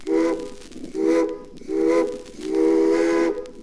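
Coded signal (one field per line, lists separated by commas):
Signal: train horn signal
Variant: steam locomotive whistle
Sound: four steam whistle blasts of roughly equal length, the last slightly longer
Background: outdoor ambience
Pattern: 4 blasts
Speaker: after the complete series of twelve signals I'll be back to give you the answers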